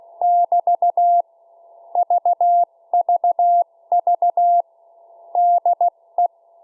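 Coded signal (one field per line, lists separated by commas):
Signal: Morse code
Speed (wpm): 16 wpm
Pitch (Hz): 700 Hz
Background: none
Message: <BT> VVV DE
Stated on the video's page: Homemade automatic 144 MHz beacon, four transistors and a microcontroller, 0.1 W, vertical J-antenna, continuously sending Morse.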